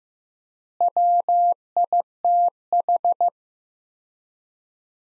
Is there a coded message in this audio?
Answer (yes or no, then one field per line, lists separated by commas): yes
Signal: Morse code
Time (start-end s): 0.8-3.3 s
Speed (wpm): 15 wpm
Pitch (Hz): 700 Hz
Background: none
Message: WITH